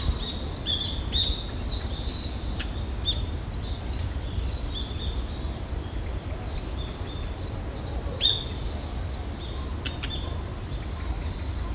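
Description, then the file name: Red-flanked bluetail giving thin, high, clipped notes repeated roughly once a second, with steady faint background noise. "ruribitaki"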